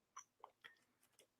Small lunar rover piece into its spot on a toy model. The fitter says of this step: like it it's metallic so it just pops into place if you see look